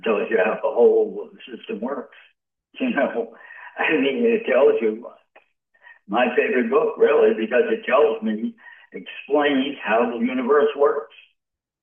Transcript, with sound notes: It tells you how the whole system works, you know.
(laughs) I mean, it tells you my favorite book really, because it tells me, explains how the universe works.